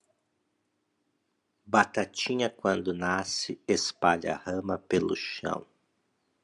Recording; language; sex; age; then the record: short text; Brazilian Portuguese; male; 50 to 59 years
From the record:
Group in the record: control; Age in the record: 54 years